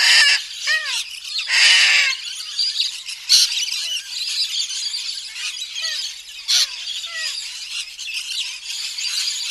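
Little corella flock calls: harsh broad screeches in bursts, with many softer chirping and squawking birds behind, a busy chattering background throughout.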